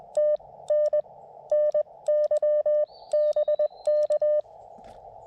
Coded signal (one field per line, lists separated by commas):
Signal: Morse code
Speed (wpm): 20 wpm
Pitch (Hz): 600 Hz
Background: none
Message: T N NY BK